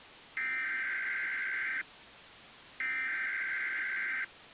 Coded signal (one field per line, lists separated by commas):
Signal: Emergency Alert System (SAME) tones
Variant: header bursts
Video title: Se eīdha khthes - A Paranormal Alien EAS Scenario